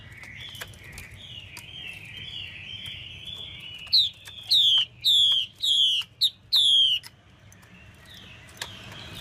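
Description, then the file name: Chinese hwamei: a quiet, wandering warble of slurred notes gives way to five loud, ringing downward whistles in quick succession, then soft twitters again. Female hwamei calling to stimulate a male. "Tieng chim hoa mi mai kich trong"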